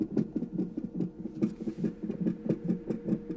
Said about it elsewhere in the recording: We could hear the baby's heartbeat through the monitor.